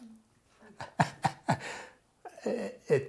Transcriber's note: chuckles